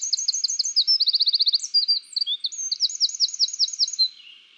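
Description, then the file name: Eurasian wren singing a hurried, high-pitched series of piercing notes with two quick rattling trills, ending in a softer fading phrase. "Troglodytes troglodytes"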